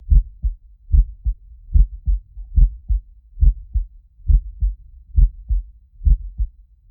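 A steady heartbeat, about 71 beats per minute, each beat a low thudding pair of sounds.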